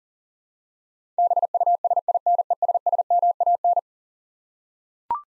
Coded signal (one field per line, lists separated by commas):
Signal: Morse code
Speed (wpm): 37 wpm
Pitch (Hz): 700 Hz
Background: none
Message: BUSINESSMAN